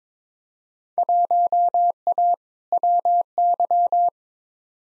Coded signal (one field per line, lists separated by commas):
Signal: Morse code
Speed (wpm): 22 wpm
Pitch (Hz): 700 Hz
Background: none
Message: 1A WY